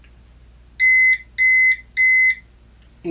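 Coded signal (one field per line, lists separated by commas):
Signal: none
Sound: lock's confirmation beeps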